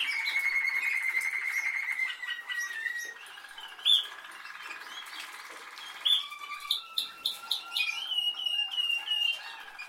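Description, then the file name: Canary song opens with a long rolling trill that slowly falls, then sharp repeated chirps with short trills. "Canary Voice"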